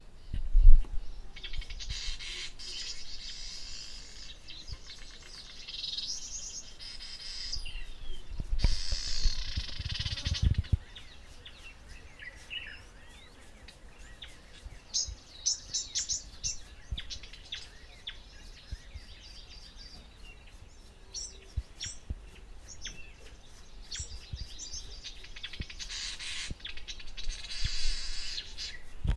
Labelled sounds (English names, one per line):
Vitelline Masked-Weaver